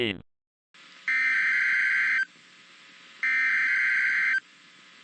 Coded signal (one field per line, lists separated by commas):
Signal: Emergency Alert System (SAME) tones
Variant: header bursts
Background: speech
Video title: Special Marine Warning! - [EAS #125]